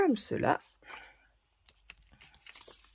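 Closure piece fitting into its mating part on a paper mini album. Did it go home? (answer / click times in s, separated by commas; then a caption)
yes / 1.9 s. Someone talks at the start, then the closure piece of a handmade paper mini album is pressed into its mating part and snaps together with a sharp click at 1.9 s. Soft crinkling handling sounds follow as the closure sits seated.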